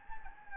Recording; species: mosquito wingbeat signal from an infrared sensor; Anopheles gambiae